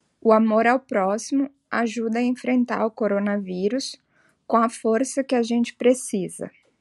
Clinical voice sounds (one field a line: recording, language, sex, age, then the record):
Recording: spoken sentence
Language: Brazilian Portuguese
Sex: female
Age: 40 to 49 years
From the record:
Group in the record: control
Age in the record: 42 years